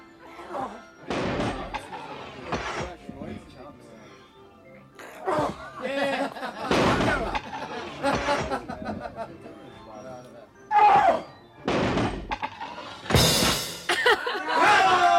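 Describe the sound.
A hammer slams repeatedly onto a high striker, each loud, sharp thud landing at irregular intervals, the striker banging on the third blow, with voices and bits of laughter in the background between the blows.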